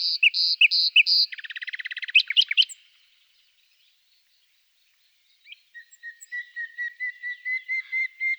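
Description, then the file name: Common nightingale song: loud repeated buzzy notes, a fast rattling trill, silence, then a slowly swelling series of pure whistled notes. "Fülemülék"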